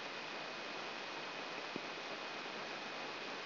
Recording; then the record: brain microelectrode recording played as sound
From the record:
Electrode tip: outside the subthalamic nucleus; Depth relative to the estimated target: -1 mm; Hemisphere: right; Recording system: AlphaMap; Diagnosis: Parkinson's disease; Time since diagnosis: 11 years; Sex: male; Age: 66 years